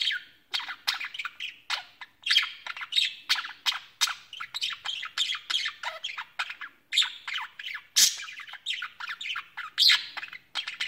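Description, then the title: Budgerigar giving busy, scratchy chatter: quick chirps and squawks running almost without a break, with a few sharper high notes. "Budgie Sounds"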